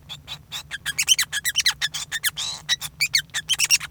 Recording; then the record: song of a male Bengalese finch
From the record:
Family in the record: son of father 5